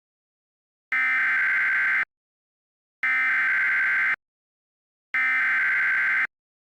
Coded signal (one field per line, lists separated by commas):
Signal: Emergency Alert System (SAME) tones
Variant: header bursts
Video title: EAS Mock: Trouble in Downtown Nashville